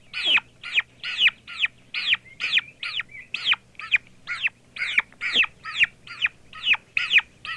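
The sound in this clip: Young turkey giving a fast, steady run of high, arching peeps, two to three per second, with a low constant hum beneath.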